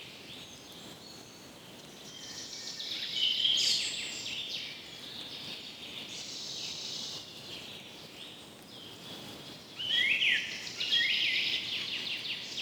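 Light wind moves through a forest, a soft steady hush beneath a dense, bright chatter of birds that swells and fades throughout. Louder calls stand out around three to four seconds and again near ten seconds.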